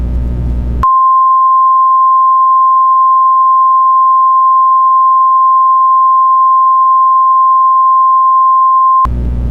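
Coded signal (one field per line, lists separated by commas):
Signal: Emergency Alert System (SAME) tones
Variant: 1050 Hz attention tone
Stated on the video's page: Fake mockup scenario of a tornado emergency in northeast Ohio, possibly using valid header tones.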